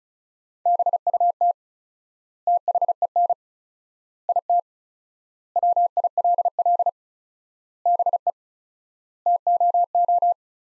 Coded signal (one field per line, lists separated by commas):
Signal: Morse code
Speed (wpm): 36 wpm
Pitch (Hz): 700 Hz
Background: none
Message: BUT THEN IT WILL BE TOO